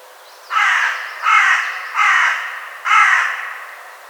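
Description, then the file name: Carrion crow calling four raucous, grating caws in a series, background otherwise quiet. "Corvus corone"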